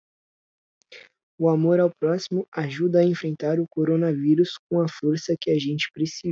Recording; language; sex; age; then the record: spoken sentence; Brazilian Portuguese; male; 18 to 19 years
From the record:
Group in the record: control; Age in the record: 18 years